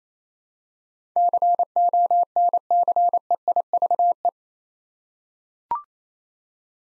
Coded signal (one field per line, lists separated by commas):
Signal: Morse code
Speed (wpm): 28 wpm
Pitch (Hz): 700 Hz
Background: none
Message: CONCEIVE